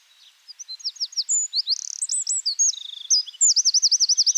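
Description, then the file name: Eurasian wren singing a loud, fast torrent of shrill notes and dry rattles, ending in a string of evenly repeated rolling trilled notes. "Troglodytes troglodytes"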